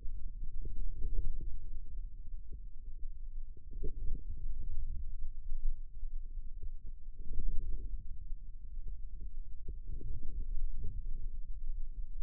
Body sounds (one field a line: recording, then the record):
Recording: forearm muscle sounds (acoustic myography)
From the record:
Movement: radial deviation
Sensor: system 2, bracelet of six BSWA MPA416 microphones around the upper forearm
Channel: 5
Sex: male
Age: 22 years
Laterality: right